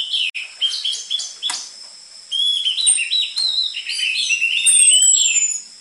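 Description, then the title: Orange-headed thrush pouring out a string of fluty chirps and twitters with a long descending whistle near the end, and a ringing high hum throughout. Prolific orange-headed thrush song on a lure recording for training cage birds, with dense filler material suited for tutoring spotted Trotol orange-headed thrushes. "PANCINGAN Anis Merah Gacor Materi Isian Rapat Cocok Untuk MASTERAN Anis Merah TROTOL"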